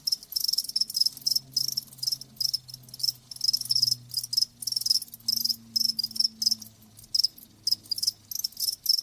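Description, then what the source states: Cricket chirps come in rapid, high-pitched pulsing trains, separated by brief pauses, over a faint low hum. Live crickets chirping.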